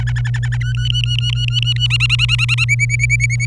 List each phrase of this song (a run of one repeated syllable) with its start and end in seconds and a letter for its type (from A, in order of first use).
0.00-0.57 A, 0.60-1.87 B, 1.90-2.64 C, 2.69-3.45 D